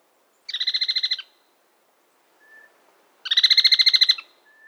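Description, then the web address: Trilling Tapaculo uttering two short, quick bursts of high pulsed trill, each about a second long, with a faint soft whistled note between and after them. Recorded in South America. "S America Trilling Tapulco"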